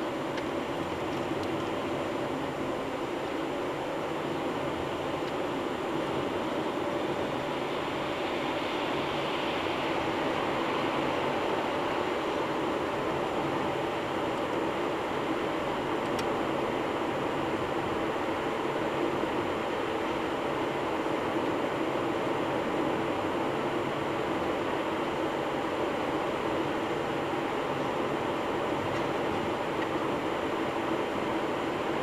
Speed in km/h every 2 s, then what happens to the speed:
81, 82, 90, 88, 91, 96, 99, 102, 106, 103, 103, 103, 103, 103, 102, 103.
0-15 speeds up to 106. 15-32 steady at about 103.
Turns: none.